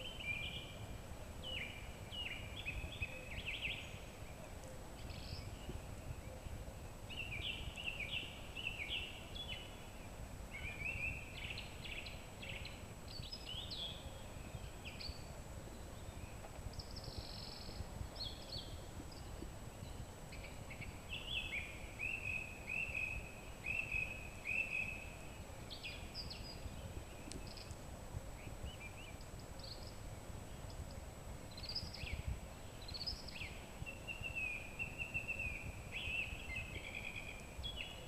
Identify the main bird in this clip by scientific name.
Turdus philomelos